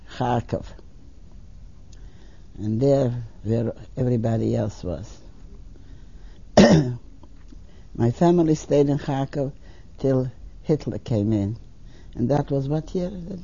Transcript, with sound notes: Karkov. and there everybody else was. ( she coughs ) My family stayed in Karkov till Hitler came in. And that was what year?